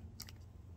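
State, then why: Seated. The safety lever at the trigger of an Air Arms S510 XS Ultimate Sporter Laminate regulated .22 PCP air rifle is pushed into its safe position. A sharp click sounds at 0.2 s, followed by a fainter second click around 0.3 s, over a low background hum. The trigger safety clicks on and the rifle is now safe.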